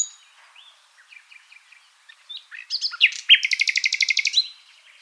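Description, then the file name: Common nightingale song: soft scattered notes build into a loud, fast, rattling trill of repeated strokes. "Luscinia megarhynchos"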